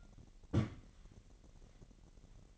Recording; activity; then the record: daily activity, microphone in the room; place on stove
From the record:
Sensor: 4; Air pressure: 1012.8 hPa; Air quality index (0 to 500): 240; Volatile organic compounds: 4 ppm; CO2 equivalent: 1594 ppm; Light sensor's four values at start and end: 28/67/27/27 and 28/67/27/27